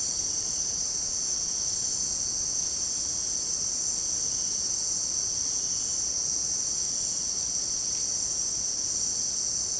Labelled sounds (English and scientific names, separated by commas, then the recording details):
none
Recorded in secondary vegetation near Puerto Asís, Putumayo, Colombia, on 29 June 2025 at 17:00
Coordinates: 0.484, -76.319
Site G074